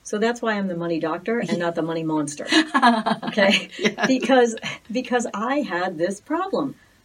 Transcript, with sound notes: So that's why I'm The Money Doctor-
(laughs)
... and not the money monster.
(laughs)
Okay?
Yeah.
Because, because I had this problem.